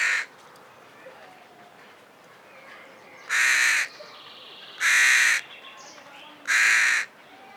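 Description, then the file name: Carrion crow giving harsh, raspy caws, one at the start then three more roughly every one and a half seconds. "Corvus corone"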